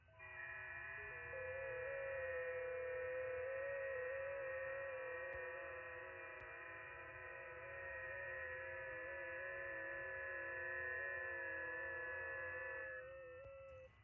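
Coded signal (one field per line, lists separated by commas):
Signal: FT8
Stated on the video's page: Live FT8 operation.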